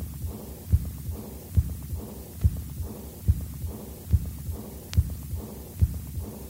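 Heart by stethoscope at Botkin-Erb's point in an adult with aortic regurgitation that developed after septic endocarditis. Aortic regurgitation murmur.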